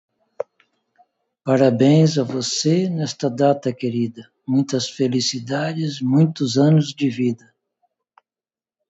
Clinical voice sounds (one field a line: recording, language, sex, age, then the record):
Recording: short text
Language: Brazilian Portuguese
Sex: male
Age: 60 to 69 years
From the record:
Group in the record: control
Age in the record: 63 years